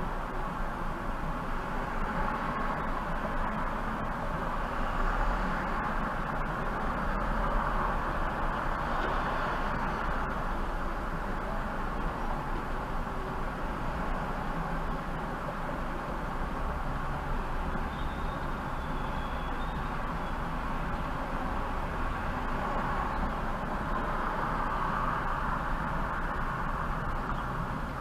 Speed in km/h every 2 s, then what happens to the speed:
0, 0, 0, 0, 0, 0, 0, 0, 0, 0, 0, 0, 0, 0.
0-28 standing.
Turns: none.